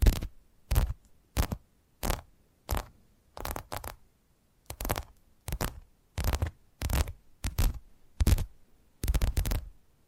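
Tapping triggers: sharp, crisp taps repeat at a fairly regular pace, roughly every half second to second, some landing as quick double taps. Each tap is bright and full-bodied with a short scratchy tail, and near-silence separates them.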